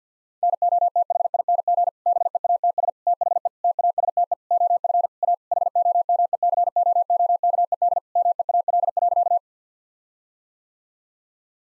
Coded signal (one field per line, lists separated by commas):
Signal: Morse code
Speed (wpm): 50 wpm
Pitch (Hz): 700 Hz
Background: none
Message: NOTHING BEATS THE TASTE OF A HOMECOOKED MEAL.